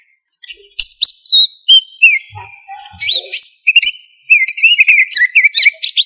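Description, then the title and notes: Greater green leafbird singing a fast, rich jumble of whistled slurs, sharp chirps and trilled high notes after a brief silent start, plus a few faint low thumps. "Cucak Ijo"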